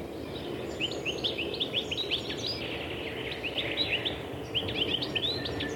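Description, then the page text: European goldfinch song: a lively twitter of quick high chirps and slurred notes, tumbling along over steady background noise. "Щегол"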